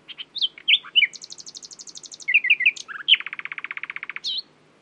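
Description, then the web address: Common nightingale song: varied sharp notes, a fast high trill, liquid chirps, then a long loud pulsing rattle and a final clear note. "owen Common Nightingale (Luscinia megarhynchos)"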